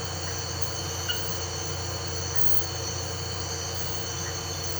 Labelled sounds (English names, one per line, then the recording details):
none
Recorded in pastures near Puerto Asís, Putumayo, Colombia, on 13 March 2025 at 03:00
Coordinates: 0.466, -76.322
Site CSA-02